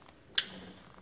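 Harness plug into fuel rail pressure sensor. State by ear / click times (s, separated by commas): seated / 0.4 s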